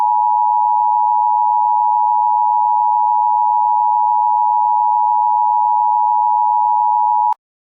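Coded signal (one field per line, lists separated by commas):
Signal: Emergency Alert System (SAME) tones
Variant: 853 and 960 Hz attention tone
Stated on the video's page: Simulated mock alert, not real.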